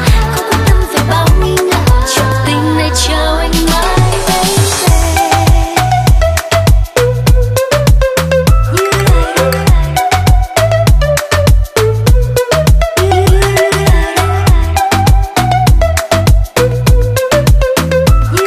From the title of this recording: Wedding Party Danang Vietnam